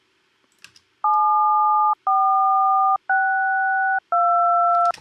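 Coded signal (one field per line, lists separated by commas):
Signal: DTMF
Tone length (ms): 920 ms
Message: 7462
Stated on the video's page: DTMF tones generated in the Audacity audio editor.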